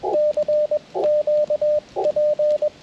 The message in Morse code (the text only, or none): CQ P